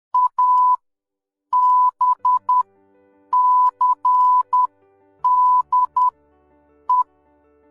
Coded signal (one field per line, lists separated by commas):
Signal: Morse code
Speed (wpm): 10 wpm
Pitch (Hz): 1000 Hz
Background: none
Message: ABCDE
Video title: Morse Code (CW)